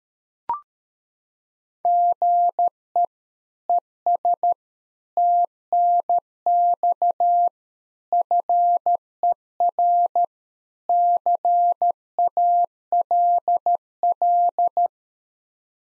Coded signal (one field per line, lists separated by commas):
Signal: Morse code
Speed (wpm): 13 wpm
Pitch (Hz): 700 Hz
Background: none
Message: GE ES TNX FER CALL